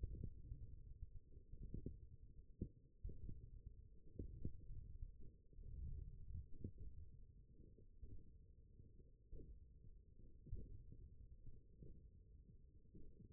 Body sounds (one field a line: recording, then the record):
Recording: forearm muscle sounds (acoustic myography)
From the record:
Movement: ulnar deviation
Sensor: system 1, eight BSWA MPA416 microphones around the upper forearm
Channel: 7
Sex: male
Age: 20 years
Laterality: left